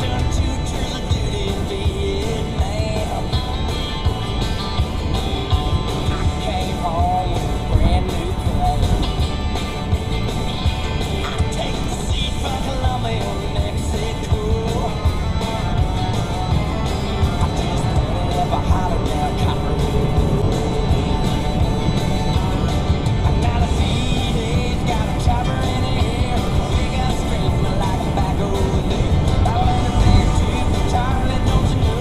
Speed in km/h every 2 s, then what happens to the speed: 106, 109, 109, 109, 109, 109, 113, 116, 122, 129, 134, 132, 130, 130, 129, 132.
0-10 steady at about 109. 10-20 speeds up to 134. 20-32 steady at about 130.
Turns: none.